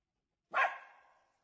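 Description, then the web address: Jack Russell terrier delivering one sharp, loud bark that rings on in a long echoing tail. Various barks and growls, recorded with a big echo. "dog jack russell terrier barking growling various big echo"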